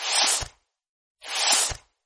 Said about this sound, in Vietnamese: Vừa dứt lời, Lâm Dị liền nghe thấy có tiếng sột soạt.